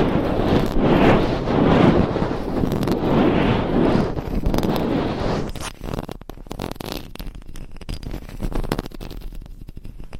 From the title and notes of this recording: Binaural Mic Scratching , Massage & Tapping. No Talking for Sleep with Long Nails.